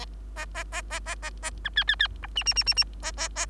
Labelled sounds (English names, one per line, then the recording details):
Bengalese Finch song
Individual Bird3